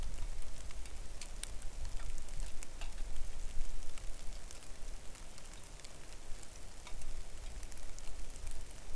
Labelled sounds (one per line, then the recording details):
wind
rain
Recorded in the Arctic National Wildlife Refuge, Alaska, on 3 August 2019 at 09:36
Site 41